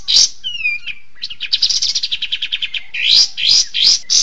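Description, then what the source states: Bird song: falling slurred whistles, then a quick even string of chirps, then several loud harsh rasping bursts. Bird sounds used for training songbirds (masteran).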